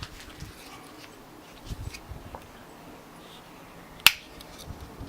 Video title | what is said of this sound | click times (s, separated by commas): VICTORINOX - SENTINEL (ONE HAND) | Nice click off it. | 4.1 s